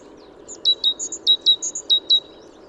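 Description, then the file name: Great tit calling: sharp high notes falling slightly, in pairs, alternating with pairs of higher notes, in quick succession over about two seconds, over a low steady background hum. "Parus major"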